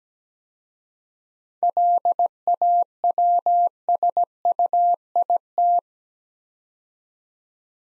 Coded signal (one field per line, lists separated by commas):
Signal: Morse code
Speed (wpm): 17 wpm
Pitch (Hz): 700 Hz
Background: none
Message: LAWSUIT